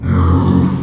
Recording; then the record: squeal of a Yucatan mini pig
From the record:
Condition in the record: after surgery on the right vocal fold (resection and tissue-engineered implant); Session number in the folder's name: 16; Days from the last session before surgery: 183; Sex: female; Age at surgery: 19 weeks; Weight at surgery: 25 kg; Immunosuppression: prednisolone